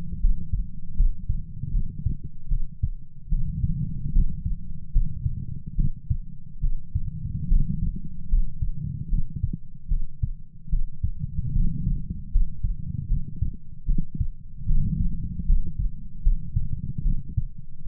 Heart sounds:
heart sounds by stethoscope; 75 bpm
0.19 s: heartbeat
0.94 s: heartbeat
1.70 s: heartbeat
2.47 s: heartbeat
3.28 s: heartbeat
4.11 s: heartbeat
4.91 s: heartbeat
5.74 s: heartbeat
6.60 s: heartbeat
7.47 s: heartbeat
8.28 s: heartbeat
9.08 s: heartbeat
9.87 s: heartbeat
10.69 s: heartbeat
11.51 s: heartbeat
12.30 s: heartbeat
13.06 s: heartbeat
13.85 s: heartbeat
14.64 s: heartbeat
15.44 s: heartbeat
16.21 s: heartbeat
17.01 s: heartbeat
17.83 s: heartbeat
From the record:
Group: healthy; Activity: rest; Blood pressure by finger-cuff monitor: 86/51 mmHg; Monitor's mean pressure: 65 mmHg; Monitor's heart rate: 75 bpm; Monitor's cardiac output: 6.6 L/min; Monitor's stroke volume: 89 mL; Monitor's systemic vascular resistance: 690 dyn s/cm5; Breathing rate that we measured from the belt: 16 breaths a minute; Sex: female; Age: 26 years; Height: 165 cm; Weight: 55 kg

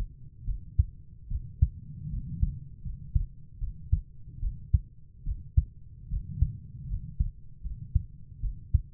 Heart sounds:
heart sounds by stethoscope; 75 bpm
0.46 s: heartbeat
1.29 s: heartbeat
2.11 s: heartbeat
2.84 s: heartbeat
3.60 s: heartbeat
4.41 s: heartbeat
5.25 s: heartbeat
6.10 s: heartbeat
6.89 s: heartbeat
7.63 s: heartbeat
8.42 s: heartbeat
From the record:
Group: healthy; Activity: rest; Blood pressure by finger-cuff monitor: 122/67 mmHg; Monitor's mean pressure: 83 mmHg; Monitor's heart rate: 74 bpm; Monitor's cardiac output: 6.7 L/min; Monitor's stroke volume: 88 mL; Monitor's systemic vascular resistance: 910 dyn s/cm5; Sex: female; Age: 22 years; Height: 160 cm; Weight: 63 kg

